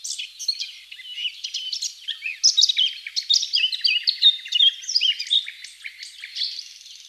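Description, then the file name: Eurasian blackcap singing a dense, rambling warble of quick chirps and squeaks, steady and lively throughout. "Sylvia atricapilla"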